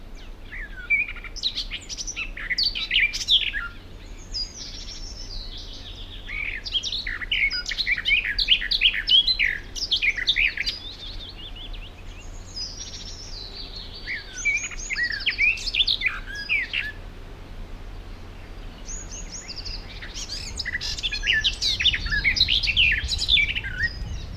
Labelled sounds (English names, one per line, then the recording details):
Garden Warbler song
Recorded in the wild
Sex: male
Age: adult
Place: Krakow am See, Mecklenburg-Vorpommern, DE
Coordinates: 53.6528, 12.3017
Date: 2004-05-15
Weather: overcast, 10°C, moderate to strong winds
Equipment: Tascam DA-P1, Sennheiser MKH 70, Windkorb
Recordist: Frommolt, Karl-Heinz
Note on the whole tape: Insel Großer Schwerin: Gesang. Entfernung ca